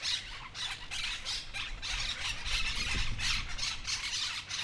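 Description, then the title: Monk parakeets squawking together, rapid harsh screeches packed closely in a continuous noisy chorus over a faint low hum. Flock noisily chattering for a while in a street in Humanes de Madrid, Madrid, Spain; recorded with a Zoom H1n recorder. "Calle Lavadero, 3, Humanes de Madrid, Madrid, España - Grupo de Cotorras Argentinas"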